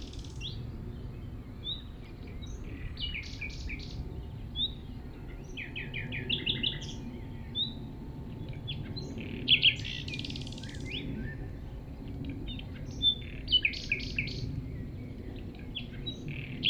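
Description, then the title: Common nightingale singing varied phrases of rapid repeated notes, whistles and chirps, with pauses between phrases, over a steady low rumble. Singing at Chindrieux, France; the recordist walks through tall grass to approach it, and while singing it ignores outside noises. "195 Rue de Vars, Chindrieux, France - approche d'un rossignol"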